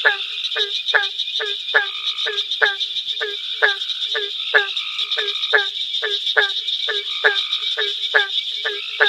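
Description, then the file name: Barking treefrog giving short, hollow barking notes in rapid succession over a constant high insect-like buzz. "Hyla gratiosa call"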